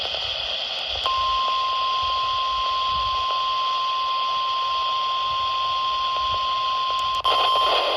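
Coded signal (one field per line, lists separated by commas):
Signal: Emergency Alert System (SAME) tones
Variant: 1050 Hz attention tone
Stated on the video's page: Required weekly tests received from KHB38 and WXJ94.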